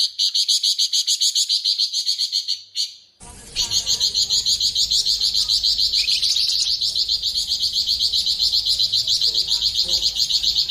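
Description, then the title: Streaked spiderhunter chatter, long unbroken series of quick high-pitched chips, briefly interrupted near the start before resuming steadily to the end. Clear, long, lively song used as tutor material for training cage birds. "Pijantung Gunung Gacor Jernih Panjang"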